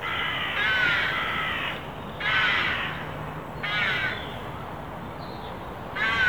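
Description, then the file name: Carrion crow giving rough caws, a few calls at irregular intervals, the last cut off at the end. "Corvus corone"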